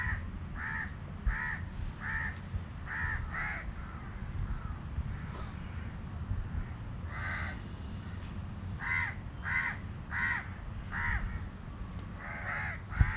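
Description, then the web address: Crow cawing: harsh, nasal caws repeated in quick bursts, often several in a row, over a steady low background rumble. Street recording in South India, 2018. "travelogue 2018 South India street recordings birds crows"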